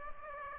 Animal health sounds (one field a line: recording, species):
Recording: mosquito wingbeat signal from an infrared sensor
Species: Aedes aegypti